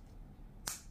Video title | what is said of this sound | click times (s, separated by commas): Lalique Encre Noire A L'Extreme For Men Malayalam Review - Best Woody Perfume Malayalam Review | ഒരു press ചെയ്യുമ്പോൾ click sound കേൾക്കുന്നുണ്ട് അത്യാവശ്യം നന്നായിട്ട് cap hold ചെയ്യുന്നുണ്ട് | 0.7 s